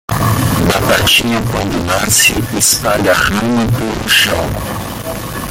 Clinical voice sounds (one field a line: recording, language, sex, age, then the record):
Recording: short text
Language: Brazilian Portuguese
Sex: male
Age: 50 to 59 years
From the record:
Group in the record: control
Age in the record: 50 years